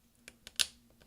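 A replacement plastic F12 key cap is placed on top of its hinge on the keyboard of a 13-inch MacBook Pro Unibody Core 2 Duo 2.26 GHz and pressed down with a finger. Sharp clicks are heard at 0.3, 0.5 and 0.6 seconds, with the last one loudest. The key cap snaps and clips into place, fully installed.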